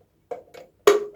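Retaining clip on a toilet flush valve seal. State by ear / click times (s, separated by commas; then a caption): seated / 0.9 s. A new retaining clip on a toilet flush valve seal is pushed on by hand into the plastic valve. Two soft knocks come first, then a sharp click at 0.9 s as the clip seats. The clip is then pressed down again to be sure.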